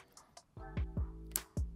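A wire conductor is pushed into the connection point of a Klippon Connect SNAP IN terminal block over steady background music with soft low thumps. The pre-loaded clamp snaps shut with a single sharp click at 1.4 s, pushing the pusher out of the block. The conductor is seated in a safe connection.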